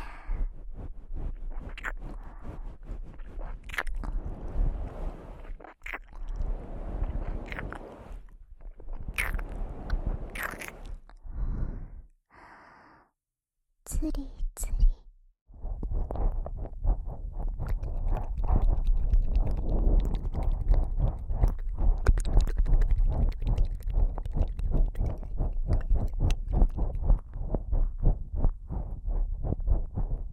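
Eating sounds: steady, dense chewing and crunching with quick, irregular clicks and smacks running through most of the clip, mostly low and thick with some sharp bright snaps. Around 12 to 15 seconds it drops to near silence with a few brief clicks, then the chewing resumes, fuller than before.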